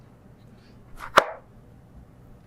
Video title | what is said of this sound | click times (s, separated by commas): How to install the fan unit in an ARF+ EDF jet | snaps right into place | 1.0 s